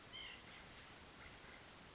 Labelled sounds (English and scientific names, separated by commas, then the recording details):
White-breasted Nuthatch (Sitta carolinensis)
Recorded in Sonoma County, California